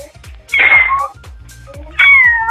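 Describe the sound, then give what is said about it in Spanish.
A human voice mimics a cat, giving two drawn-out, high-pitched meows with wavering, falling tones, loud and separated by a short pause with faint background murmur. “El que más me sale es ese, el delfín, y después el del gato, pero bueno, cualquiera puede maullar, básicamente.”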